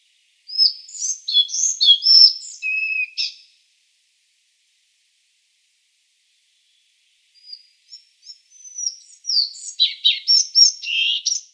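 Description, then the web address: Collared flycatcher song: two high, squeaky phrases of varied whistles and buzzy chirps, the first at the start, the second after a four-second pause, clean background. "Schulze Peter Collared Flycatcher song"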